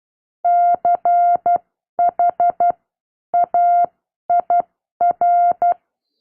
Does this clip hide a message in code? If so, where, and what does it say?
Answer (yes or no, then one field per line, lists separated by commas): yes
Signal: Morse code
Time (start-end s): 0.5-5.7 s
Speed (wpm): 12 wpm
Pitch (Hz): 700 Hz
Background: none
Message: CHAIR